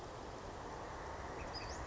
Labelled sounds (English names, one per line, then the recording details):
Western Flycatcher
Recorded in Sonoma County, California